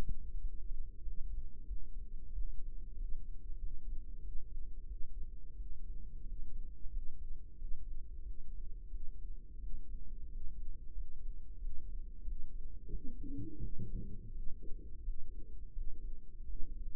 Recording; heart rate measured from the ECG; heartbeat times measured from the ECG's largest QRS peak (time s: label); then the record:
heart sounds by microphone in the right ear; 90 bpm
0.38 s: heartbeat
1.01 s: heartbeat
1.65 s: heartbeat
2.31 s: heartbeat
2.94 s: heartbeat
3.56 s: heartbeat
4.19 s: heartbeat
4.84 s: heartbeat
5.54 s: heartbeat
6.23 s: heartbeat
6.89 s: heartbeat
7.54 s: heartbeat
8.21 s: heartbeat
8.88 s: heartbeat
9.57 s: heartbeat
10.27 s: heartbeat
10.92 s: heartbeat
11.57 s: heartbeat
12.22 s: heartbeat
12.88 s: heartbeat
13.57 s: heartbeat
14.29 s: heartbeat
15.00 s: heartbeat
15.71 s: heartbeat
16.43 s: heartbeat
From the record:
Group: healthy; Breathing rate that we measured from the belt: 16 breaths a minute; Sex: male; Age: 21 years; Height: 180 cm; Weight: 67.5 kg